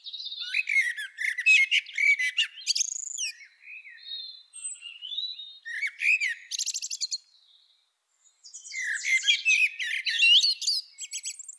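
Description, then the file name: Common blackbird singing rich warbled phrases that end in high scratchy twittering, in several phrases with a short silent gap. "Turdus merula"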